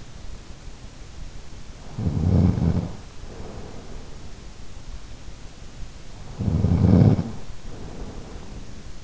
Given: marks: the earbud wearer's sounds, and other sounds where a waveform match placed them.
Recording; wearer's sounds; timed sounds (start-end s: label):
sounds in sleep by an in-ear microphone; snoring breath
1.82-4.34 s: snoring breath
6.18-9.04 s: snoring breath